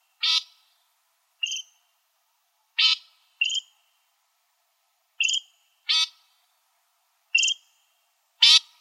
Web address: Shrikes Vireos AZFO LOSH deviche